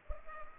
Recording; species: mosquito wingbeat signal from an infrared sensor; Culex pipiens